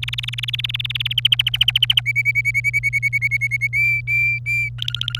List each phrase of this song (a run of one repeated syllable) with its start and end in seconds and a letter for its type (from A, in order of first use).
0.00-1.13 A, 1.18-2.01 B, 2.06-3.67 C, 3.73-4.69 D, 4.78-5.19 E